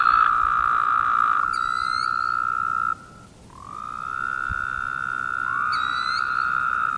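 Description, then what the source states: Woodhouse's toads calling with drawn-out nasal buzzes, a short lull near three seconds before the droning resumes; quick high chirps sound twice. More than one toad.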